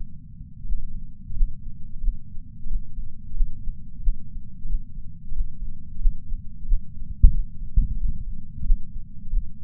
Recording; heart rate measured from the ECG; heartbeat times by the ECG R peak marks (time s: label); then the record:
heart sounds by patch sensor on the chest; 90 bpm
0.68 s: heartbeat
1.36 s: heartbeat
2.03 s: heartbeat
2.69 s: heartbeat
3.36 s: heartbeat
4.02 s: heartbeat
4.69 s: heartbeat
5.35 s: heartbeat
6.00 s: heartbeat
6.67 s: heartbeat
7.34 s: heartbeat
8.00 s: heartbeat
8.65 s: heartbeat
9.32 s: heartbeat
From the record:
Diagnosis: coronary artery disease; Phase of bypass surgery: postoperative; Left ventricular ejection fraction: 56.9%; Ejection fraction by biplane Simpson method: 54%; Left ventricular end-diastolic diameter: 47 mm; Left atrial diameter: 43 mm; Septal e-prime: 5 cm/s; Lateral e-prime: 5.3 cm/s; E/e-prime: 10.9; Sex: male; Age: 77 years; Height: 160 cm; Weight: 79.5 kg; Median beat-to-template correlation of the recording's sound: 0.62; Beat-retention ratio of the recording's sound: 1.00